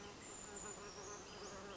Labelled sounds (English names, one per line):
Brown Creeper